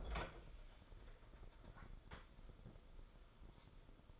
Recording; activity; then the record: daily activity, microphone in the room; open fridge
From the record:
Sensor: 5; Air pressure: 994.5 hPa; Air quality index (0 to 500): 191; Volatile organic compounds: 1000 ppm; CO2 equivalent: 5612 ppm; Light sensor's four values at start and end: 49/149/58/65 and 51/152/60/66